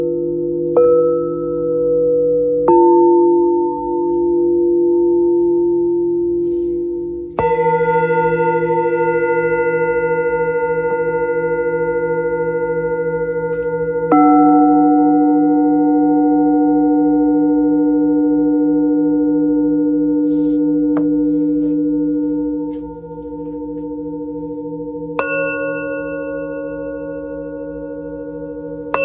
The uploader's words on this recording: This is an original work that was created by playing Venus Gong, Root Chakra Crystal Singing Bowl, Sacral Chakra Singing Bowl, and Sacred Yoni Tibetan Singing Bowl.